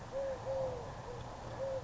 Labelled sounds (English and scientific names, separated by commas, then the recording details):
Eurasian Collared Dove (Streptopelia decaocto)
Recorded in Sonoma County, California